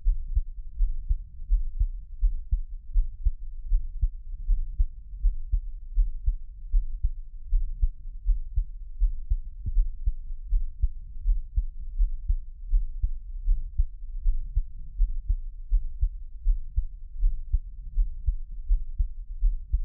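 Soft, low heartbeat thumps of an adult heart repeating steadily at about 81 beats a minute, heard close through a black 3Dio binaural microphone for ASMR, with faint background hum.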